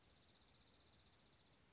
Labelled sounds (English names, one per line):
Dark-eyed Junco